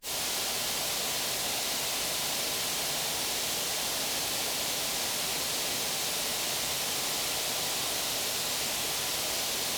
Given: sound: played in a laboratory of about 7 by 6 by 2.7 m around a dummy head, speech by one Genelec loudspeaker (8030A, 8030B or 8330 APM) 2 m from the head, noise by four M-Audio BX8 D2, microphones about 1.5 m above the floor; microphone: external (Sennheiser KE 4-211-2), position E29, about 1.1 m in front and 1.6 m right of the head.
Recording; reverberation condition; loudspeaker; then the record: white noise; high; four, about 170 cm from the corners of the room and facing them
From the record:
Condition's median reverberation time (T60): about 1300 ms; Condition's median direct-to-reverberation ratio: about -4.0 dB